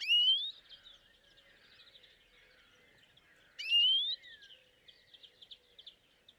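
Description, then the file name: European greenfinch making two upward-sliding wheezy calls several seconds apart, while soft chattering and chirping from other birds continues in the background. "Chloris chloris"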